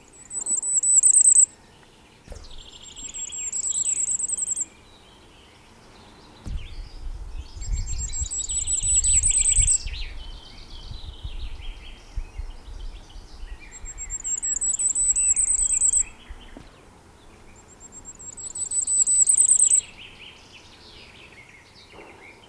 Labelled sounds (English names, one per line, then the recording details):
Common Firecrest song
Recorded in the wild
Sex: male
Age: adult
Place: Erlangen, Bayern, DE
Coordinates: 49.5644, 11.0131
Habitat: forest
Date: 1963-05-30
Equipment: Nagra, AKG D19-200, Parabol, Original, Vollspur
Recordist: Tretzel, Erwin
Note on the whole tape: Brucker Lache: Sommergoldhähnchen: Gesang (unbearbeitet - pausenreich!)